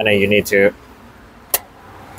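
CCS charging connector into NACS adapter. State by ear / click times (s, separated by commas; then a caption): seated / 1.6 s. Someone talks, then a CCS charging gun is pushed into a plastic A2Z Thunderstorm CCS-to-Tesla adapter for a 2023 Model Y RWD. A sharp click is heard at 1.6 s as the adapter latches onto the CCS connector. It seats firmly.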